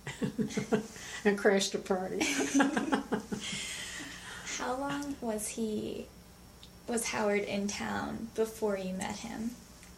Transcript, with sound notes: and crashed a party [laughter].
How long was Howard in town before you met him?